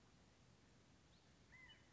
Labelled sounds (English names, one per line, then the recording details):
California Quail
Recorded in Sonoma County, California